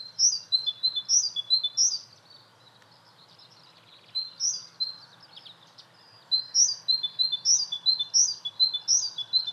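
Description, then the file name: Great tit giving high, sharp two-note phrases repeated in quick runs, with a pause midway before the bright phrases resume. "Parus major"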